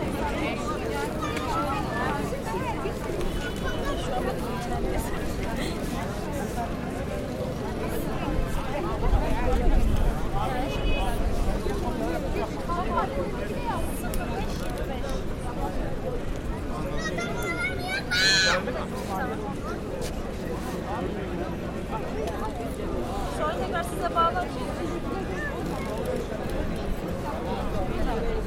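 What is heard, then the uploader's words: Crowd hubbub fills Taksim Square in Istanbul, with many voices overlapping at a steady, dense level throughout. A traffic rumble sits low underneath, and a brief bright squeal, perhaps a whistle or brakes, cuts through around eighteen seconds. Ambient sound of Taksim Square, Istanbul. Recorded with Zoom H6, using Mid-Side Mic.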